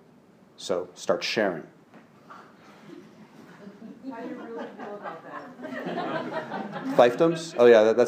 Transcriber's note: laughter